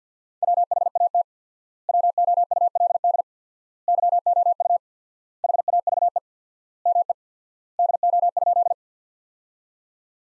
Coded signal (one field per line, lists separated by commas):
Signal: Morse code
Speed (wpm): 48 wpm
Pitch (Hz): 700 Hz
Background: none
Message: WHAT WOULD YOU HAVE ME DO?